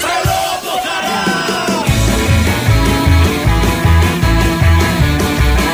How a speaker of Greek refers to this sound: Τον οποίο χθες υποδέχθηκε ένα ολόκληρο χωριό. Φωνάζει το χωριό.